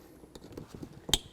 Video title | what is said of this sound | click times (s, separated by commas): How to Replace Taillights 2003-08 Toyota Matrix | Let's connect our wiring harness, click it in, | 1.1 s